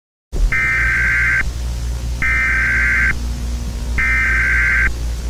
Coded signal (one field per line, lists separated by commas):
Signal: Emergency Alert System (SAME) tones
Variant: header bursts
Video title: Chuck E Cheese’s | A Halloween EAS Scenario